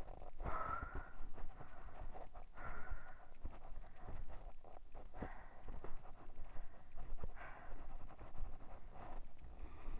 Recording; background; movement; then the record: deep breathing; quiet; walking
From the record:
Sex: female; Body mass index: 22.6 kg/m2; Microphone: on the chest, facing the body